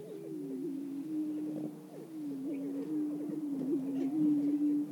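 Greater prairie-chickens give a low, hollow droning moan that carries throughout, overlaid by quick looping cackles and whoops from several birds.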